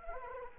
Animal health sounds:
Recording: mosquito wingbeat signal from an infrared sensor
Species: Anopheles arabiensis

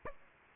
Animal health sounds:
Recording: mosquito wingbeat signal from an infrared sensor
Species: Aedes aegypti

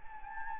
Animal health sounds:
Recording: mosquito wingbeat signal from an infrared sensor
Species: Anopheles gambiae

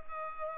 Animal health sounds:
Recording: mosquito wingbeat signal from an infrared sensor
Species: Culex pipiens

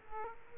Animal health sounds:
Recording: mosquito wingbeat signal from an infrared sensor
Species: Culex quinquefasciatus

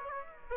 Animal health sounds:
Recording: mosquito wingbeat signal from an infrared sensor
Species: Aedes aegypti

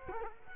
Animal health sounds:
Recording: mosquito wingbeat signal from an infrared sensor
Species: Culex quinquefasciatus

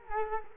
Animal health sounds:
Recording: mosquito wingbeat signal from an infrared sensor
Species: Culex quinquefasciatus

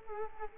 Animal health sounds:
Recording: mosquito wingbeat signal from an infrared sensor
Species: Culex quinquefasciatus

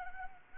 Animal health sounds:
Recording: mosquito wingbeat signal from an infrared sensor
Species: Anopheles arabiensis

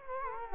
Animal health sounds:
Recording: mosquito wingbeat signal from an infrared sensor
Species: Culex quinquefasciatus

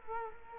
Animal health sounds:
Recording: mosquito wingbeat signal from an infrared sensor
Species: Culex quinquefasciatus

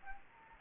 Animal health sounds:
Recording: mosquito wingbeat signal from an infrared sensor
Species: Anopheles gambiae

